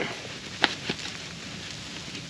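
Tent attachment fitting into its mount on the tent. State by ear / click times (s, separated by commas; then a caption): not seated / none. A tent attachment fitting, one of four, is stretched and pulled toward its mount on the tent inside a hot tent. A sharp tap is heard at 0.6 s and a softer one at 0.9 s over a steady low hiss. Nothing has seated yet.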